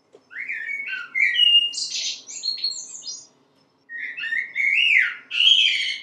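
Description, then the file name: Common blackbird song: mellow fluted phrases ending in thin high twitters, a short silence, then another rising fluty phrase with squeaky notes. "merlo"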